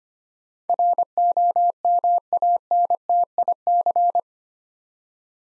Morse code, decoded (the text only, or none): ROMANTIC